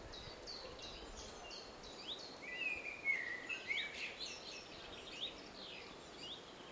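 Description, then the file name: Common blackbird gives a low, flowing warbled phrase ending in squeaky notes, while other small birds chirp and twitter high throughout. "Turdus merula"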